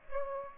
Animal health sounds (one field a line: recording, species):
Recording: mosquito wingbeat signal from an infrared sensor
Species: Aedes aegypti